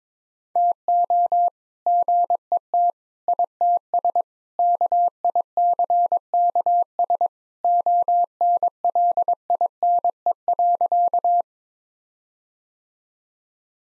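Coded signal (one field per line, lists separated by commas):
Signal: Morse code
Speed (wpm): 22 wpm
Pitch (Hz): 700 Hz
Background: none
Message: TO GET ITS KICKS ONLINE.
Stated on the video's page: Morse practice set at 22 wpm with contextual priming, jokes as context.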